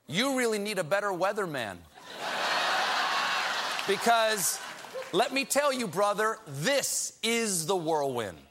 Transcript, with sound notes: You really need a better weatherman...
(LAUGHTER)
...Because - let me tell you, brother - this is the whirlwind.